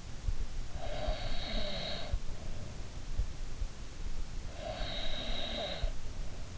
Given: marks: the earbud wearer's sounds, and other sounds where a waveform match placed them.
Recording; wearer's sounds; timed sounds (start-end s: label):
sounds in sleep by an in-ear microphone; snoring breath
0.77-2.19 s: snoring breath
4.49-5.94 s: snoring breath